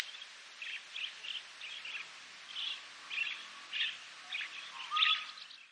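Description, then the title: Bird singing a faint run of quick, high chirps and short notes, strung unevenly over several seconds above a steady hiss of background noise. "LuckyPassaro Completos2Sama"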